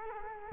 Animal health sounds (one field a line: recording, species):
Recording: mosquito wingbeat signal from an infrared sensor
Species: Culex quinquefasciatus